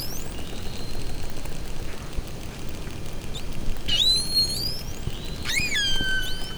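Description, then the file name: Pilot whale whistles: a long flat tone, then two bursts of sharply rising and bending whistles near the end, over constant crackling background noise. Recorded off Port-Cros island, France, in 2014. "Glotin Globicephale face Ile Port Cros 2014"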